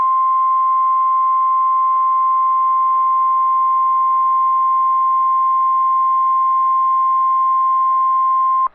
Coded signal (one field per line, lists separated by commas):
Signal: Emergency Alert System (SAME) tones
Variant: 1050 Hz attention tone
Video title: EAS #2,370-2,374 Required Weekly Tests 12/10/25